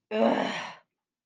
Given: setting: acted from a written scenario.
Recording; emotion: vocal sound without words; anger